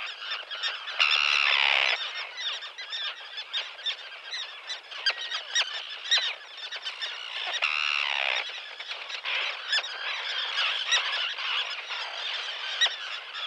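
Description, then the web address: Common terns giving harsh, grating calls in a dense, overlapping chorus of many birds, with a louder drawn-out scratchy call near the start and descending rasping notes later. "Dan Gibson Wildlife Identification By Sound, Eastern North America Pt 2. Common Tern"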